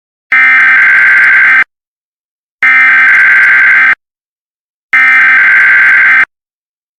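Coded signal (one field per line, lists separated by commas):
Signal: Emergency Alert System (SAME) tones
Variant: header bursts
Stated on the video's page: Online Emergency Alert System test, not a real broadcast.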